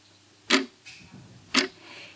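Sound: clock ticking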